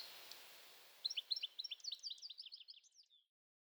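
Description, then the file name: European goldfinch softly chattering, a rapid string of thin high chirps for about two seconds after a faint hiss. "Carduelis carduelis"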